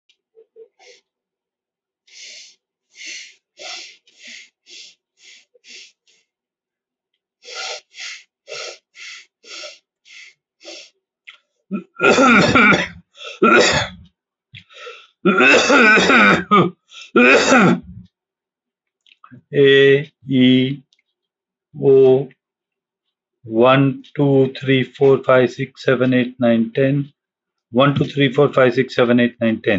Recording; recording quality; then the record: shallow breathing; poor, much background noise or distortion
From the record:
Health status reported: COVID-19 positive, mild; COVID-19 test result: positive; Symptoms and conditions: cough, breathing difficulty, sore throat, fever, loss of smell and taste, pneumonia, diabetes, ischaemic heart disease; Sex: male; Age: 62 years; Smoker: not ticked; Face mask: not worn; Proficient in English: yes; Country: India